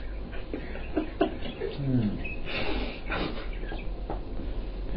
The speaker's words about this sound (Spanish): Pájaro. Pájaro está contento.